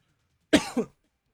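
One brief two-part cough burst from an adult man, a quick clearing cough after choking while presenting a live television news broadcast.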